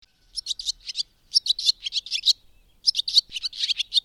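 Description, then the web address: Bird song of rapid high chirps and twitters in several dense bursts separated by short pauses, with no other clear sounds. "madarak enek"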